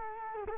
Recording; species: mosquito wingbeat signal from an infrared sensor; Culex quinquefasciatus